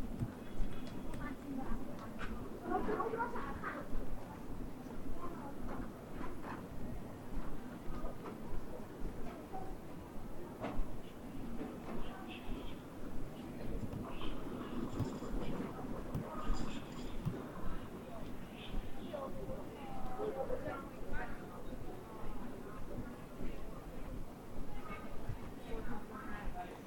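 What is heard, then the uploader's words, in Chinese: Chunxi Road in Chengdu: a dense, unbroken murmur of many voices overlapping, with a low steady rumble beneath. Brief brighter sounds poke through now and then, a few around fifteen seconds in, while the overall level stays fairly even throughout. 成都春熙路。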